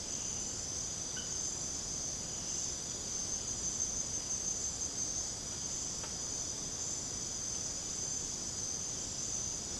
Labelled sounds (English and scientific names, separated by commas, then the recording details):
none
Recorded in secondary vegetation near Puerto Asís, Putumayo, Colombia, on 20 December 2024 at 00:00
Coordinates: 0.489, -76.322
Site G059